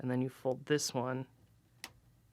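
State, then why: Seated. Someone talks while folding a hinged plastic limb of a Transformers MP11-ND Masterpiece Dirge robot figure during transformation. A single sharp tick at 1.8 s marks the part snapping and locking into its folded position.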